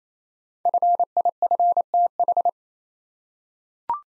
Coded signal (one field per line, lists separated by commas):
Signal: Morse code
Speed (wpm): 28 wpm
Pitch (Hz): 700 Hz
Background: none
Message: FIFTH